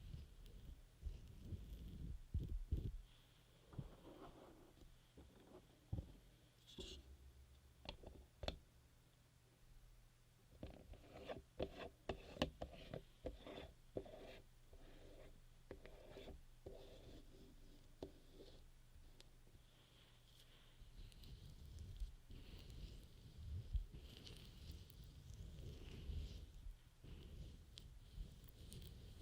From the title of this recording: Scrub Ear Massage & Moisturizing Care Rubbing, Stroking, Cleansing, Tapping